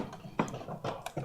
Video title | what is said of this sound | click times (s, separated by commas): LIVE: BLUETTI POWER ON THE GO | You hear the click, then lock, push forward to lock, and right now, | 0.4 s